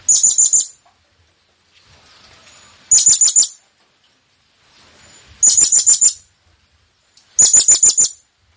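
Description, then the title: Blue-crowned hanging parrot calls in four bursts of fast, thin, high notes, each burst about five notes, repeated every two to three seconds. Effective lure call to attract the bird. "Burung Serindit Memanggil Ampuh"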